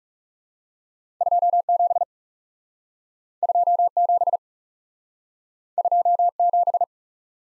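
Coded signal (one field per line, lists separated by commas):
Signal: Morse code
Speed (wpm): 40 wpm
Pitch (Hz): 700 Hz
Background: none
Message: 2 7 2 7 2 7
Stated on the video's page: Morse practice of two letter-number combinations, speed-racing format starting at 30 wpm and slowing to base speed, with a final repeat at maximum speed.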